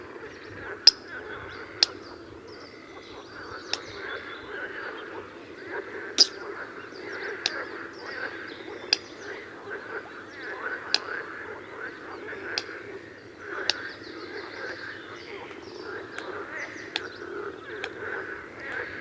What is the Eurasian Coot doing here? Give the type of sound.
alarm call